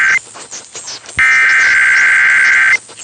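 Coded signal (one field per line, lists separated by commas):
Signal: Emergency Alert System (SAME) tones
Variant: header bursts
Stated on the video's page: Broadcast station's emergency alert equipment test on 1020 AM, received live via a KiwiSDR.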